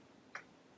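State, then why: Seated. Lower looper thread is snapped into a thread guide or tension on a Baby Lock Vibrant serger. A single short, sharp click at about 0.4 s stands out over a quiet background. The thread is seated in the guide.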